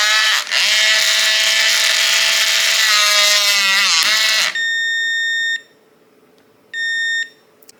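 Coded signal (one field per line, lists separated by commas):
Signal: beep code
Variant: Kwikset SmartCode lock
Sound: four seconds of loud mechanical whirring buzz, then a one-second beep and a shorter beep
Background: small room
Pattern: 1 long, 1 short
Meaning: Door handing detection in progress, then complete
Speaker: Okay, the door handing process is complete.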